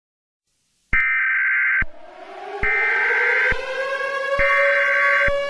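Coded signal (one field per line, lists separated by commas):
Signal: Emergency Alert System (SAME) tones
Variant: header bursts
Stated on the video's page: Fictional EAS scenario, re-uploaded.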